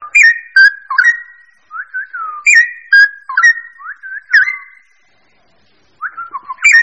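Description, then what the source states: Bird song: loud, rich whistled phrases with slurred rising and falling notes, delivered in quick runs, then a pause of about a second before the singing resumes. Mixed birds.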